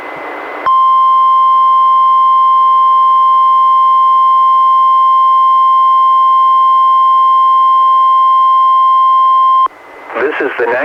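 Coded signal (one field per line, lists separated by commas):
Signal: Emergency Alert System (SAME) tones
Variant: 1050 Hz attention tone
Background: speech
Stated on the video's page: NWR Required Weekly Test issued by NWS Portland, relayed by NWR station in Astoria, recorded from a Reecom R-1630 weather radio via Zoom H1 recorder.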